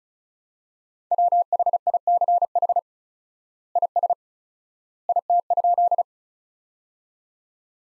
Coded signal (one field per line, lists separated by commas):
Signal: Morse code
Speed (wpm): 34 wpm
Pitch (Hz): 700 Hz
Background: none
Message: WHICH IS IT?